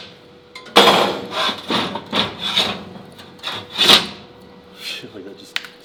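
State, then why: Seated. A sheet-metal piece of a home-made skateboard tube-cutting jig is fitted into its mount on a plasma table, with a series of rubbing, scraping strokes and handling noises after a loud hit near 0.8 s. A sharp, short snap at 5.6 s marks the piece seating in place.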